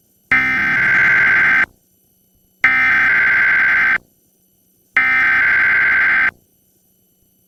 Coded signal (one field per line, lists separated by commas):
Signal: Emergency Alert System (SAME) tones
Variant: header bursts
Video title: WABC Emergency Alert System - New York City Required Monthly Test [June 8, 2022]